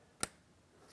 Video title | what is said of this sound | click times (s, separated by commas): How to Replace Front Door Lock Switch 2007-2014 Ford Edge | Audible click from that and a light tug. | 0.2 s